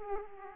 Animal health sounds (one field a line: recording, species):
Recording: mosquito wingbeat signal from an infrared sensor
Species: Aedes aegypti